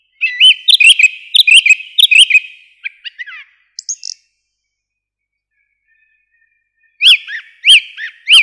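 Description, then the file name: Song thrush repeating a sharp whistled note about four times, a few softer notes, a pause, then a new note repeated a few times. "Zolotye zvuki prirody - Drozd pevchij"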